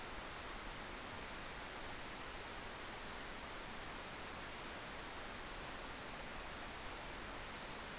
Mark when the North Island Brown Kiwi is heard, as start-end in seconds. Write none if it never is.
none